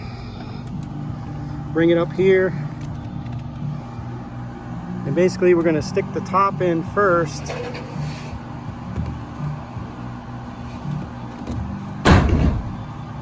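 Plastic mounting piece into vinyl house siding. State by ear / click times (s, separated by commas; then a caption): not seated / none. A plastic mounting piece is lined up against vinyl house siding, with its top stuck into the siding first, before it is pushed up and the bottom is snapped in. Someone talks over a steady low vehicle-like hum, and a brief loud burst comes near 12.1 s. Nothing has seated or clicked yet.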